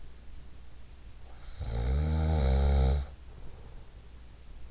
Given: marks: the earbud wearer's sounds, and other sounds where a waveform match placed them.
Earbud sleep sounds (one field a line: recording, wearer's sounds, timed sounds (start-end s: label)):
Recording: sounds in sleep by an in-ear microphone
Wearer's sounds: snoring breath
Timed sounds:
1.31-3.75 s: snoring breath